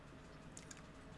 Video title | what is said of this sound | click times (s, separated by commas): How to repair SEAT COVER when it get burned By Cigarette ashes | will hear that click if you don't hear that click this | 0.6 s, 0.7 s